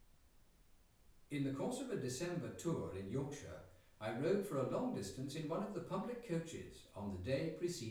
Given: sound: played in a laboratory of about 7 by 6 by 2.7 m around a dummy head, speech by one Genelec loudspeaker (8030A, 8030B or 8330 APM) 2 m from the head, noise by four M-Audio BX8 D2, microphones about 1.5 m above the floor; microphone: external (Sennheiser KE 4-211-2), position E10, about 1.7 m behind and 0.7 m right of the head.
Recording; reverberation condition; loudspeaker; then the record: male speech in English; medium; 30 degrees to the right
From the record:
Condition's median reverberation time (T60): about 510 ms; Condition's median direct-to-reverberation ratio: about -0.5 dB